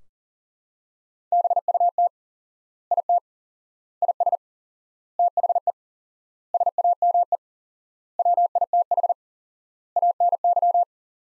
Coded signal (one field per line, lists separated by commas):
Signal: Morse code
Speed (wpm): 40 wpm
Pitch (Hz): 700 Hz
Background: none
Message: BUT IT IS THE SAME WITH ANY